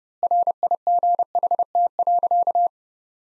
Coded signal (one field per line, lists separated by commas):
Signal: Morse code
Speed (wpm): 32 wpm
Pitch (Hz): 700 Hz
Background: none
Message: RIGHT.